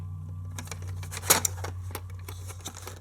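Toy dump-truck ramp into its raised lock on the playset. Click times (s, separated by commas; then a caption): 1.5 s. A plastic dump-truck ramp on a Micro Machines Super Van City toy playset by Jazwares is pushed all the way to the top, with light plastic taps and rattles over a steady low hum. A sharp click at 1.5 s marks the ramp locking into its raised position.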